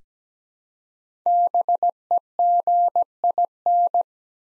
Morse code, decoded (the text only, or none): BEGIN